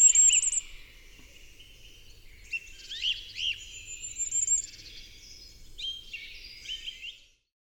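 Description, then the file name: Common firecrest song: very high, thin notes, opening with a quick repeated series, then scattered sibilant and slurred high phrases over a quiet background. "Vuurgoudhaan Regulus ignicapilla"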